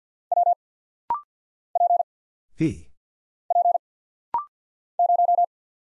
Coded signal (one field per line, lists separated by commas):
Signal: Morse code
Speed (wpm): 49 wpm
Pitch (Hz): 700 Hz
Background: none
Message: W P P 0